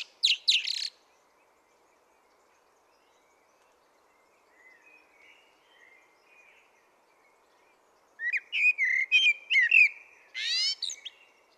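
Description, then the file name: Common blackbird song: a high squeaky twitter opens, faint low warbling follows midway, then a fuller phrase of fluted notes ending in a shrill flourish. "Turdus merula"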